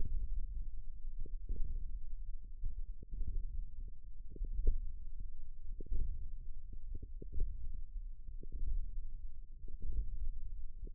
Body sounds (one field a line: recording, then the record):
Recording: forearm muscle sounds (acoustic myography)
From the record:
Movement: hand opening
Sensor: system 1, eight BSWA MPA416 microphones around the upper forearm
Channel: 6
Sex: female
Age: 20 years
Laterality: right